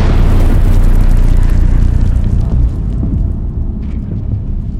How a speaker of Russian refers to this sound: Игнат едва уловил его мысль, как по округе разнесся звук, средний между треском разбитого стекла и металлического звона. Звезда, что была уже совсем низко над землей, вспыхнула особенно ярко и взорвалась.